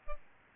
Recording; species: mosquito wingbeat signal from an infrared sensor; Aedes albopictus